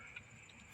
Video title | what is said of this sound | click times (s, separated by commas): Tyger Auto T3 Soft Tri fold Truck Bed Tonneau Cover Review | I'm going to flip that over and snap it into place | 0.2 s